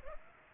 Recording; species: mosquito wingbeat signal from an infrared sensor; Aedes aegypti